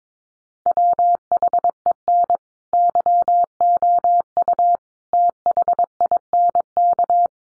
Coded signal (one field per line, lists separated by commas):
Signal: Morse code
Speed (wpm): 22 wpm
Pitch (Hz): 700 Hz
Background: none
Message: WHEN YOU THINK